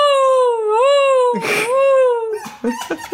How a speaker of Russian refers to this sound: А еще песцы очень громко и сторожно кричат.